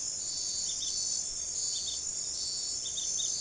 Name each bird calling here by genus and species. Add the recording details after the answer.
none. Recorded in forest near Pivijay, Magdalena, Colombia, on 6 June 2023 at 02:00. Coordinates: 10.467, -74.380. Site Z5-G034